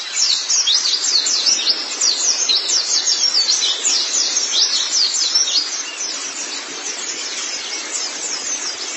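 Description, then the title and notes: White-eye song, fast run of high sharp chirps, loudest early then softening slightly. White-eye song (kicauan). "Kicauan Burung Pleci Durasi Panjang. Suara kicauan burung pleci"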